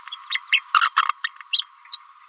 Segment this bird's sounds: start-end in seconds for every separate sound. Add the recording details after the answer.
0.30-0.40, 0.52-0.61, 0.73-0.90, 1.52-1.66, 1.92-1.98. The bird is a female. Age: 28 days. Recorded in a nest box in Venezuela. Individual 17B31A3